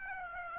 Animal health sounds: mosquito wingbeat signal from an infrared sensor; Aedes aegypti

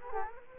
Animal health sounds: mosquito wingbeat signal from an infrared sensor; Culex quinquefasciatus

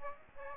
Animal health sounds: mosquito wingbeat signal from an infrared sensor; Aedes aegypti

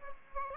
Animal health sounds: mosquito wingbeat signal from an infrared sensor; Aedes aegypti

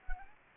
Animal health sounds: mosquito wingbeat signal from an infrared sensor; Anopheles gambiae

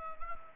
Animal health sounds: mosquito wingbeat signal from an infrared sensor; Anopheles gambiae

